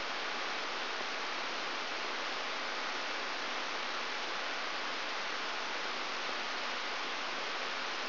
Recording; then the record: brain microelectrode recording played as sound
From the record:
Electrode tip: outside the subthalamic nucleus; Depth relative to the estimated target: -4 mm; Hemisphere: right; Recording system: AlphaMap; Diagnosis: Parkinson's disease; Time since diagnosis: 20 years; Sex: female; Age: 65 years